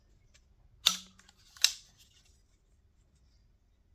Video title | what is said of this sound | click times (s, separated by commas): UNBOXING Yato YT-82819 Narzędzie wielofunkcyjne 18V. #woodworking #construction #yato #tools #tool | działa. Zaskoczyło. | 0.9 s, 1.6 s